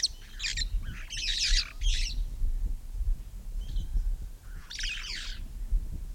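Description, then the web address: Red-fronted parrot, an opening run of harsh shrieking squawks, a pause, then another rasping burst near the end, over heavy low rumbling noise. "parrots poicephalus-gulielmi"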